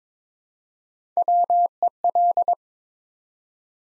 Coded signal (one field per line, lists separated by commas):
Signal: Morse code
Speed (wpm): 23 wpm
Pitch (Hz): 700 Hz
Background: none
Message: WEL